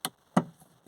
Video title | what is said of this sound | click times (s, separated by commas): Faulty Ducato airbag module repair. | Clicks in place and | 0.0 s, 0.4 s